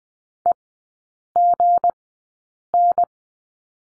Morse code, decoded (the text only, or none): EGN